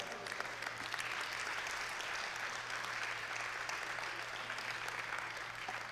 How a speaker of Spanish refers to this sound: Déleselo el aplauso al Señor.